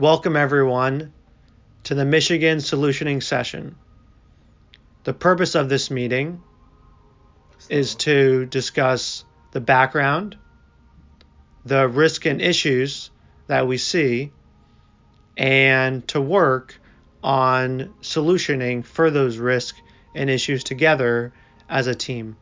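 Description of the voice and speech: An adult man who stutters gives a scripted meeting welcome in a free-style rehearsal for a work presentation, speaking in short bursts split by long silences, with stretched sounds such as a held "n" and a drawn-out vowel before "work". The prolongations and silent blocks mid-phrase fit stuttering.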